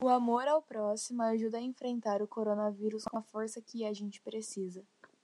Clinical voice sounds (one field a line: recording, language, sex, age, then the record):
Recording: spoken sentence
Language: Brazilian Portuguese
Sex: female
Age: 20 to 29 years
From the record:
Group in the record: control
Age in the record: 21 years